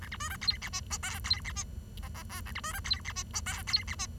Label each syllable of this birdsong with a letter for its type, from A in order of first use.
A B C D E F G H I E F G J J K A B C D E F G H I E F G